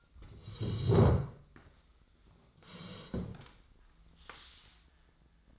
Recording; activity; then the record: daily activity, microphone in the room; sit down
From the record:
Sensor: 3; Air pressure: 1012.3 hPa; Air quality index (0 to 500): 173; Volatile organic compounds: 3 ppm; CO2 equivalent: 1327 ppm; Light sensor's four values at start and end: 61/152/68/73 and 102/223/107/122